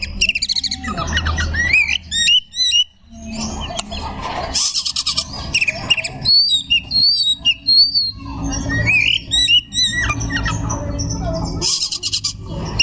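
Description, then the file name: Magpie-robin song: a rich stream of whistled, slurred notes and rapid trills, some rising sharply, with short pauses between bursts and low rumbling noise beneath. Song style called tembakan ngekek. "kacer tembakan ngekek"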